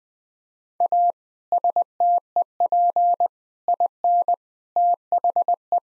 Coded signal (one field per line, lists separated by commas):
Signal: Morse code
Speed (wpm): 20 wpm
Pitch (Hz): 700 Hz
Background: none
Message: A STEP IN THE